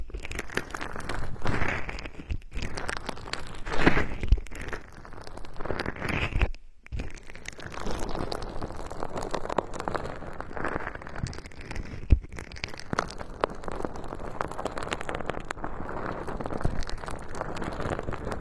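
Popping candy fizzes and crackles close to the ear, a dense, steady stream of tiny snaps and pops. The crackling swells in waves during the first few seconds, cuts out briefly around seven seconds, then continues evenly, with one sharp pop near twelve seconds.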